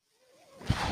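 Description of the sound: A brief, soft rushing of air builds over less than a second and ends in a low puff or thump, with no speech. This is the airflow of a home mechanical ventilator delivering a breath to the person using it.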